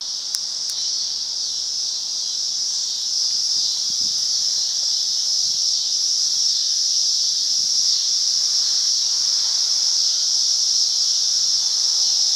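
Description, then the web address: Cicadas droning in a constant high buzz that swells slightly after a few seconds, with a couple of brief clicks near the start. "cicadas. rickyb"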